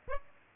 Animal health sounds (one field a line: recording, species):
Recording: mosquito wingbeat signal from an infrared sensor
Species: Aedes aegypti